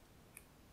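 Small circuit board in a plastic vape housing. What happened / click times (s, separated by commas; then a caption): A snapped-in board came free of its housing / 0.4 s. A small circuit board snapped into the plastic housing of a rechargeable disposable vape is prised out during a teardown. A single sharp click sounds at 0.4 s as the board pops free, set against a low, steady background. The board is released from the housing.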